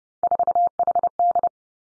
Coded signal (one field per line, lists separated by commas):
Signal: Morse code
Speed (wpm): 30 wpm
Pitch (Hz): 700 Hz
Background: none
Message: 4HD